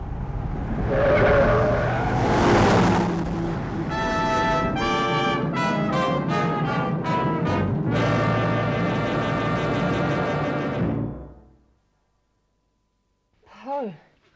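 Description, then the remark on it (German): A car's engine roars and tires squeal in long, wavering high-pitched screeches as the car swerves and skids by a railway bridge, stopping about 10 meters short of a bridge pillar, ending abruptly in silence followed by a brief falling squeal. “Verdammt, noch mal 10 Meter weiter, wir wären gegen den Pfeiler gesaust.”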